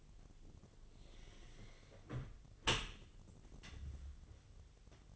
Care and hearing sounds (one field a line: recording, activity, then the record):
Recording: daily activity, microphone in the room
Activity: close dishwasher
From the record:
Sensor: 4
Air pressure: 1007.5 hPa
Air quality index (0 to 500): 199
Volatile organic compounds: 7 ppm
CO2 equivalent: 1980 ppm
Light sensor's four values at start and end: 22/70/27/26 and 23/71/27/26